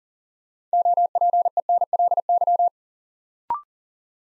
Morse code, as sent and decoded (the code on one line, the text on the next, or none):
--- .--. . -. .-.. -.--
OPENLY